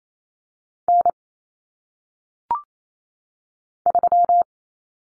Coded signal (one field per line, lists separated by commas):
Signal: Morse code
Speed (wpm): 28 wpm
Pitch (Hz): 700 Hz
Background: none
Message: N 3